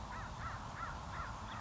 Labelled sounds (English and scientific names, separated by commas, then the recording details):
American Crow (Corvus brachyrhynchos)
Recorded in Sonoma County, California